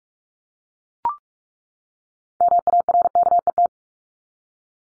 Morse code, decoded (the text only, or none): MARKET